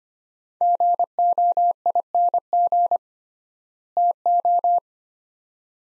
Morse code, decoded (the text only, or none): GOING TO